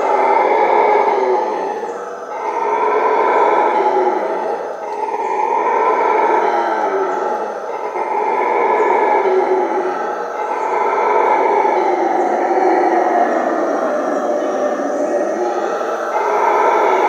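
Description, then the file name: Howler monkey chorus: rolling, guttural roars that rise and fall in repeated waves, with faint high clicking in the background. Heard at midnight. "Frisson de Minuit Singe Hurleur"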